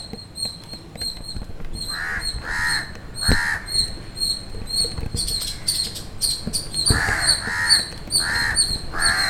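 Bird calls: harsh, grating caws in short bursts, a few early and a run near the end, over a steady high pulsing tone and occasional clicks and knocks.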